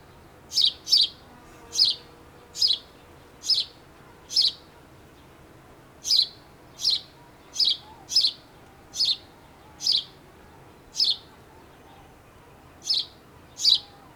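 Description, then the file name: House sparrow giving loud single and paired chirps at irregular intervals, about sixty a minute, with brief pauses between; quiet background otherwise. "Passer domesticus"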